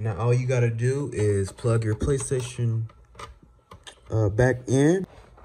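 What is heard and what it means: Someone talks while a power cable plug is being plugged back into the power socket on a PlayStation game console. During a pause in the talking, faint short handling sounds come at about 3.7 s and 3.9 s. The plug has not snapped or seated yet by the end of the clip.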